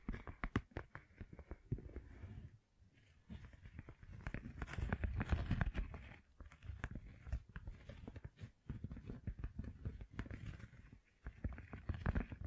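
Gem-covered fingertips tap and scratch in a busy, uneven stream of sharp clicks and gritty scrapes. The activity runs nearly continuously, with quick taps clustered between softer rubbing passages and brief pauses near three, nine and eleven seconds.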